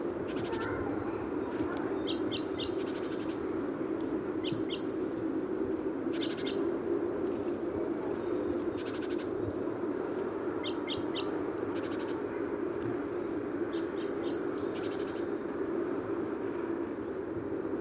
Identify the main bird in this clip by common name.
Great Tit